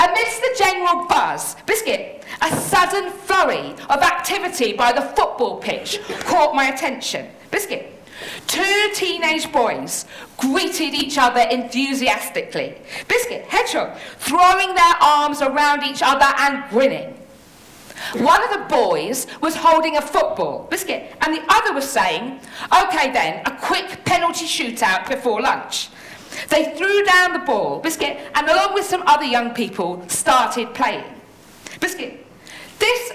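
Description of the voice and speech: An adult woman with Tourette syndrome, a neurological condition causing movements and noises she can't control, narrates fluently, repeatedly interrupted by involuntary vocal tics of the word 'biscuit' and once 'hedgehog'.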